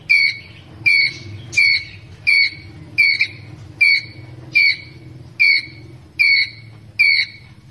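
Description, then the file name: Ground squirrel giving sharp, harsh chirps with a bright overtone, about one every 0.8 seconds and evenly spaced, over a faint low hum. Ground squirrel calling its group. "Tieng soc dat goi bay"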